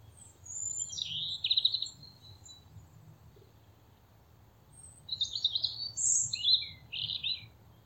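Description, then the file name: European robin song with a thin warbled phrase, a pause, then a busier run of high twittering notes, over a faint low hum. "Erithacus rubecula"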